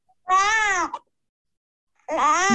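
Infant hunger cry ('neh'): two voiced cry bursts with a nasal N onset and a slightly nasal twang, the 'neh' sound of a hungry baby.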